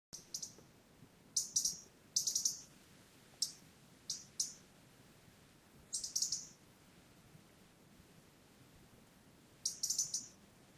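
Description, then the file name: European robin calls: short, very high thin bursts in irregular small groups with pauses, against a quiet low hiss. "Erithacus rubecula"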